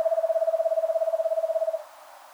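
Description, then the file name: Eastern screech owl trilling: a fast, even run of soft hoots on a single steady pitch for nearly two seconds, then quiet. "Eastern Screech Owl Megascops asio"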